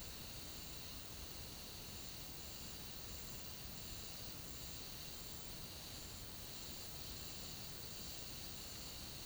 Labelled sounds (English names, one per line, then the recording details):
none
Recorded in pastures near Puerto Asís, Putumayo, Colombia, on 9 March 2025 at 09:30
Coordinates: 0.486, -76.323
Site G075